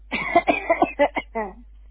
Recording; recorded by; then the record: voluntary cough; telephone call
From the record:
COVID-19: negative